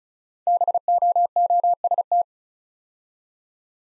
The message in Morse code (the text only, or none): BOOST